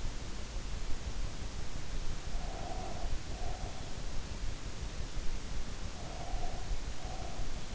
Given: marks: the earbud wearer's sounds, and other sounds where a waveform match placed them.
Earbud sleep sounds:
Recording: sounds in sleep by an in-ear microphone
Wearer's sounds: breath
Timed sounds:
2.20-4.02 s: breath
5.95-7.55 s: breath

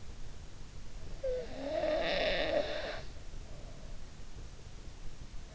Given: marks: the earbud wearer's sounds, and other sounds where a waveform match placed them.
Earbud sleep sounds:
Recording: sounds in sleep by an in-ear microphone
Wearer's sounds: snoring breath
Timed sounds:
1.10-4.13 s: snoring breath

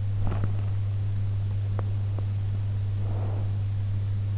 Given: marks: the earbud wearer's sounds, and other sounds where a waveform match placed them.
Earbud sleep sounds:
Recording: sounds in sleep by an in-ear microphone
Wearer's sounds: teeth grinding, breath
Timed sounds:
0.00-0.82 s: teeth grinding
1.66-2.40 s: teeth grinding
2.88-3.69 s: breath

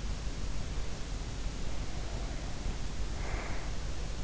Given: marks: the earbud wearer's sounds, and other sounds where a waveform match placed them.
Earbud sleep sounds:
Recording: sounds in sleep by an in-ear microphone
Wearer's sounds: breath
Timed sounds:
1.60-3.86 s: breath

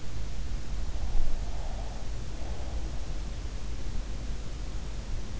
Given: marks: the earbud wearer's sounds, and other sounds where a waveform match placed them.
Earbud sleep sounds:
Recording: sounds in sleep by an in-ear microphone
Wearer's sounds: breath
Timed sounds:
1.12-3.13 s: breath

